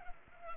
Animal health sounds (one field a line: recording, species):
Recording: mosquito wingbeat signal from an infrared sensor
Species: Culex pipiens